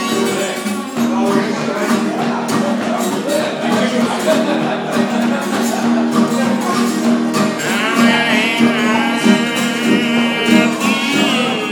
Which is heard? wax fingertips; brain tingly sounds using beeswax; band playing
band playing